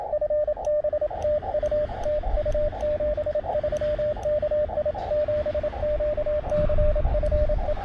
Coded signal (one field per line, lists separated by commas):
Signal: Morse code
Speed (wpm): 27 wpm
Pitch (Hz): 590 Hz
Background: radio noise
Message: FB TU TU 73 KI7QCF E